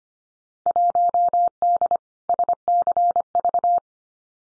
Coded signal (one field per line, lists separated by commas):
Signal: Morse code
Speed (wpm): 25 wpm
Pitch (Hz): 700 Hz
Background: none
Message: 1D SCV